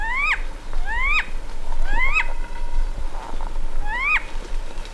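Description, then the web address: Vasa parrot calling: four rising, harmonic whistles that each sweep up and then drop sharply, spaced irregularly over a low rumbling background. "parrots coracopsis"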